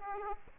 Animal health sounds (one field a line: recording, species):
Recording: mosquito wingbeat signal from an infrared sensor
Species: Aedes aegypti